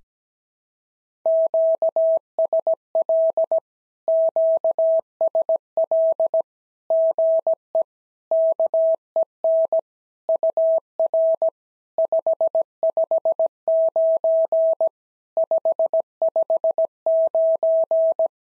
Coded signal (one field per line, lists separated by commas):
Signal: Morse code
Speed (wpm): 17 wpm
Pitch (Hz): 650 Hz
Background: none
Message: QSL QSL GE KEN UR 559 559